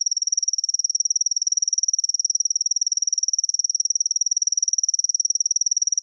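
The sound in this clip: Kusahibari cricket song, a steady, even, high-pitched trill of rapid pulses that runs without a break throughout.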